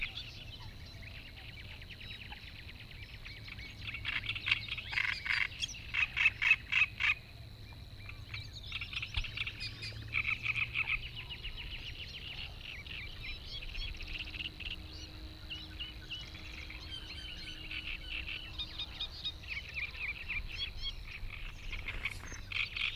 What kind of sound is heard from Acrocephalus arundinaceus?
song